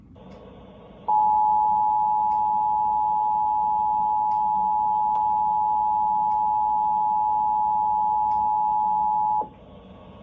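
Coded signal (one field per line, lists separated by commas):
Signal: Emergency Alert System (SAME) tones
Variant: 853 and 960 Hz attention tone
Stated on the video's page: EAS National Periodic Test aired on KFOR-4, the Oklahoma City NBC affiliate television station.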